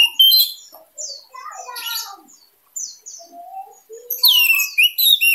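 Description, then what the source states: Orange-headed thrush song: varied, rapid phrases mixing high sharp chirps, warbled whistles and lower slurred notes, with short pauses, ending in a loud burst of high chattering notes. Singing in teler style, described as gacor and dor, actively and loudly singing.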